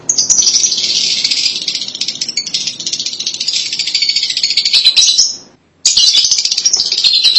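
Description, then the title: Lovebird keeping up nearly nonstop harsh, high-pitched chatter, broken only by a brief pause near the six-second mark. "BM Suara Burung Lovebird"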